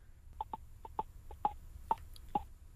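Temporomandibular joint clicking in an adult jaw, heard over a phone line as a series of about eight sharp, distinct clicks in under three seconds. The jaw has clicked abnormally since a blow from a chain to the side of the head, in the jaw, around 1996 or 1997.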